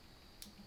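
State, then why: Seated. A crimped terminal pin on the red wire is pushed into the number 1 cavity of the gauge cluster harness connector housing on a Chevy Nova. A single short, sharp click is heard at 0.4 s over a faint steady background hum, and the terminal locks in place, seated.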